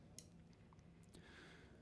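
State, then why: Seated. A SIM card, gold contacts facing down, is pushed firmly into the spring-loaded SIM slot on the left side of a plastic 3G wireless module. A sharp click at 0.2 s marks it seating and locking in place, followed by fainter ticks around 1.0 and 1.1 s over a low background hum.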